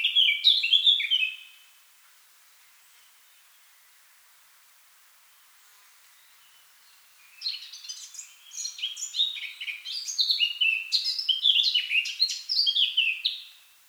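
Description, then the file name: Eurasian blackcap gives a brief whistled phrase, then pauses about six seconds before a long, energetic warble of scratchy and fluted notes. "Sylvia atricapilla"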